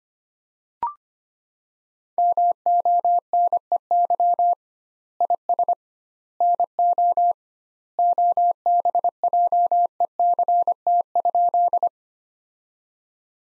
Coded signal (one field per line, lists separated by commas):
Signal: Morse code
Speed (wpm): 25 wpm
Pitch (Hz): 700 Hz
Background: none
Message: MONEY IS NO OBJECT?